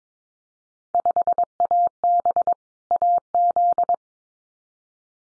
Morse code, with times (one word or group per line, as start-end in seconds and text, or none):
0.9-2.5 5AB
2.9-3.9 AZ